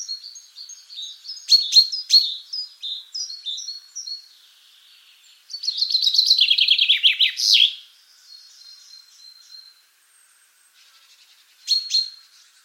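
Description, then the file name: Common chaffinch song, loose high chirps followed by one descending trill ending in a flourish, then quieter scattered notes and a final call. "Fringilla coelebs"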